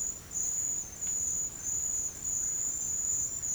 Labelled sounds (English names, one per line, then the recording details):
none
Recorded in dense forest near Puerto Asís, Putumayo, Colombia, on 29 June 2025 at 15:00
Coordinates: 0.503, -76.323
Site G059